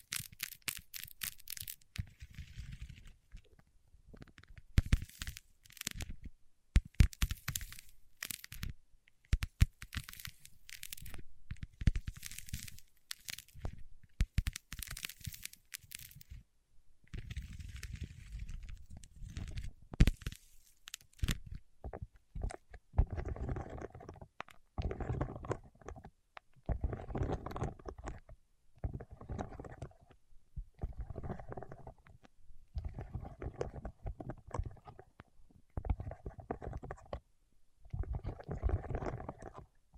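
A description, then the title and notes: Fingertips work against wax in short bursts of sticky, crackling sound. For the first seventeen seconds the crackles are sharp and bright, tearing and popping in quick clusters; after a brief pause the touches turn duller and softer, with rhythmic squishy presses repeating every second or two. ASMR with Wax Fingertips for Sleep (No Talking).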